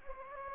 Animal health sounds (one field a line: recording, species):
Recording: mosquito wingbeat signal from an infrared sensor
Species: Anopheles gambiae